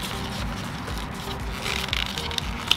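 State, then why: Not seated. Chlorine tablets are loaded into the plastic floating chemical dispenser of a Bestway Saluspa Hawaii inflatable spa, and its plastic cap is being closed and twisted by hand. Steady handling noise is punctuated by brief sharp ticks at about 1.9, 2.4 and 2.7 seconds. The cap has not yet locked into place.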